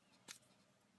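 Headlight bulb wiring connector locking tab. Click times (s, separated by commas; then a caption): 0.3 s. On a Dodge Challenger, the red locking tab on the headlight bulb's plastic wiring connector is pulled out by hand. A single sharp, bright click sounds at 0.3 s over a quiet background. The lock releases and the connector comes off the bulb.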